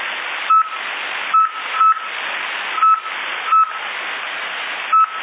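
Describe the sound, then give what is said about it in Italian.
Six short mid-pitched tones sent over CB radio in Sassari, Italy, beep at irregular intervals over a steady bed of hissing, band-limited static, each tone briefly cutting through the noise. “Ok, aspetta che ti mandano i toni, guarda se li senti.”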